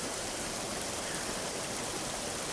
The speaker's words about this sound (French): Avec le courant tumultueux de cette rivière, nous serons ballottés comme du blé dans l'estomac d'un sauteur.